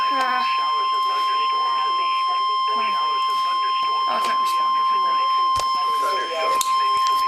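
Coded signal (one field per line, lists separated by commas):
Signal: Emergency Alert System (SAME) tones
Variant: 1050 Hz attention tone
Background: speech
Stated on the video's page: NOAA Weather Radio EAS tornado and severe thunderstorm warnings.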